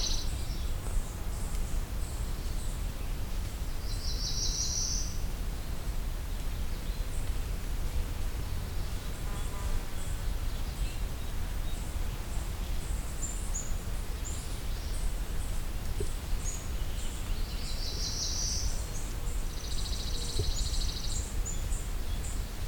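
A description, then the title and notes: A Black-throated Blue Warbler gives short buzzy high songs near five and eighteen seconds over steady low rumbling noise and faint chirps. Hector Falls Forestry Road, Part 1 (Black-throated Blue Warbler). I’ve been driving along the forest road near Hector’s Falls to find some new habitat niches, listening for more songs and sounds.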